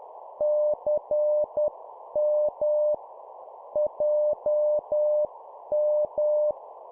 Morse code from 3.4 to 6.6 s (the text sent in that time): JM